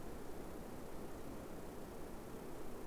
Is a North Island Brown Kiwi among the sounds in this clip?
no